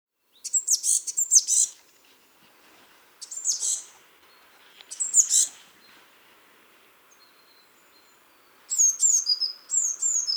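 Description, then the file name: Eurasian blue tit giving three harsh, high bursts of call notes, then clearer slurred notes at the end. "Cyanistes caeruleus"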